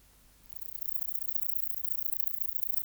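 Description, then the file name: Bush-cricket song: a steady train of rapid, very high ticking pulses, starting after half a second and continuing evenly to the end. "Antaxius pedestris"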